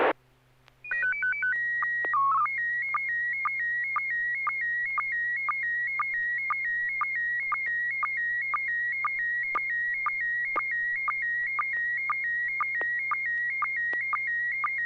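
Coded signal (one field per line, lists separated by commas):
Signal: SSTV (slow-scan television)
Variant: PD 120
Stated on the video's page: SSTV net on an FM repeater at 441.30 MHz, using MMSSTV software.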